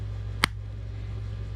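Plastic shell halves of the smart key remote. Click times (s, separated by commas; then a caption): 0.4 s. The plastic shell halves of a 2018 Jeep Compass 5-button smart key remote get a further press closed, giving one sharp snap at 0.4 s over a steady low hum. The remote housing is seated and fully sealed.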